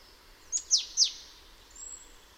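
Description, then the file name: Great tit calls: three thin, very high notes sliding sharply downward in quick succession, then a faint high whistle, over soft steady background hiss. "Parus major"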